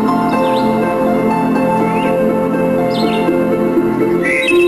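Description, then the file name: Bird chirps: a few quick notes, some down-slurred, heard over a continuous steady hum. "canto aves"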